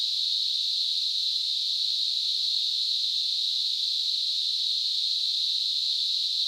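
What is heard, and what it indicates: Simulated tinnitus: a steady, unbroken hiss of narrow-band noise centered high, around 4 kHz, holding an even loudness throughout.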